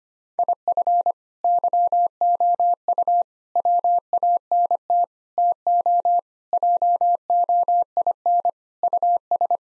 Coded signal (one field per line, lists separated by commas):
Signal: Morse code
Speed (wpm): 25 wpm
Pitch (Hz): 700 Hz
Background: none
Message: IF YOU WANT TO JOIN US